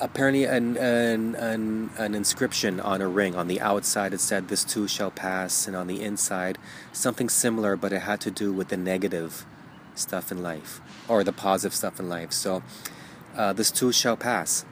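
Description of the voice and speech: Adult male who has stuttered all his life, speaking alone; stuttering is mild here, with occasional sound repetitions and prolongations and some pauses, though it is usually much heavier in other situations.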